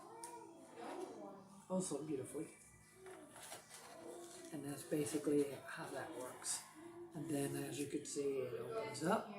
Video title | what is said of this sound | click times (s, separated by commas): UNBOXING AND A VIDEO TEST OF THE ZOOM Q8 | And then you just push it on there and snap it in. It snaps in place. | 0.2 s